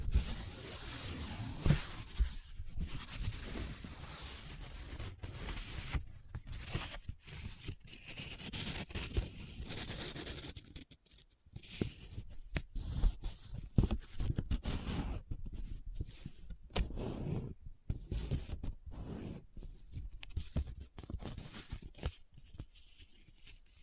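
Paper is handled up close: crinkling, rubbing and scratching in dense, irregular bursts with brief pauses between them. The sounds stay busy and dry for the whole clip, with sharper crackles and tearing-like scrapes scattered throughout.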